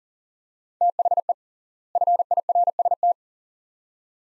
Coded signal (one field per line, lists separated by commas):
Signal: Morse code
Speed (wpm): 38 wpm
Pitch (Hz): 700 Hz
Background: none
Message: THE FIRST